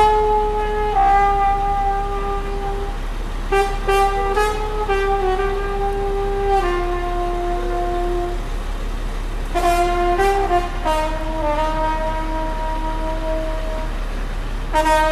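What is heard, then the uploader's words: A street soundscape in Mexico City dominated by a loud, continuous horn-like whistle held for the whole clip, its pitch sliding down and stepping between notes. Short rattling clanks break in around four, ten and fifteen seconds over a steady low rumble. Ciudad de México Soundscape.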